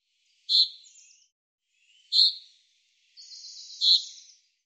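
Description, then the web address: Common chaffinch calling three times, each a sharp high note followed by a short buzzy trail, spaced roughly every one and a half to two seconds. "Deverinetal 2025 File cleaned normalized Bird Fr Co"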